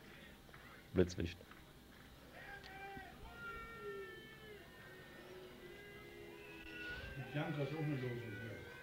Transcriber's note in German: Im Hintergrund nun Buhrufe und Pfeifen der Demonstranten